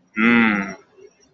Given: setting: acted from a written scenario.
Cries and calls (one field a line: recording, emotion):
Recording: vocal sound without words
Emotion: desire